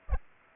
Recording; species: mosquito wingbeat signal from an infrared sensor; Aedes aegypti